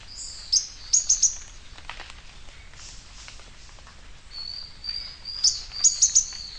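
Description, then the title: Bird singing high, sharp chirps in quick clusters, with thin whistled notes between phrases and faint scratchy background sounds. "LuckyPassaro Completos2Sama"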